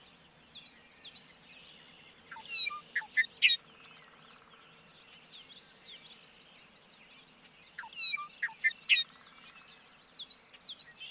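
Bobolink song in two short loud bubbly bursts, separated by a quieter background of fast zigzag chirping notes.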